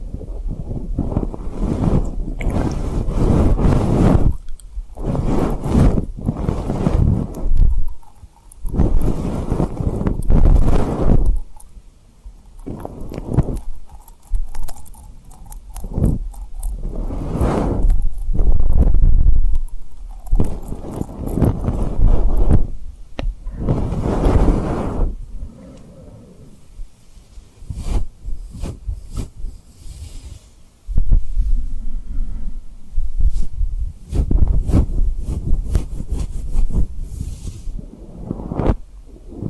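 Tapping and rubbing on a rhinestone surface, with soft lip and mouth sounds mixed in. Dense bursts of crackly scratching and clicking come in irregular clusters, separated by brief quieter gaps, with a low rumbling undertone through most of the forty seconds.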